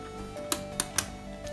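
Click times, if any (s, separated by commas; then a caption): 0.5 s, 0.8 s, 1.0 s. A Tri-ang Hornby R.351 EM2 electric locomotive "Electra" (in BR blue and BR green liveries) is set back onto a model railway track with its insulated side toward the power mast, since otherwise it won't run. Three short, sharp clicks are heard at 0.5, 0.8 and 1.0 seconds over a faint steady tonal background as its wheels seat onto the rails. The locomotive is confirmed seated on the track.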